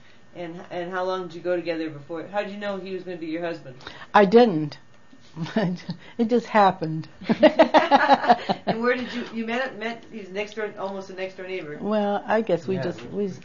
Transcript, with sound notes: And how long did you go together before, how did you know he was going to be your husband?
I didn't. It just happened. (they laugh)
And where did you, you met at, says he was next door, almost next-door neighbors.
Well, I guess we just, we,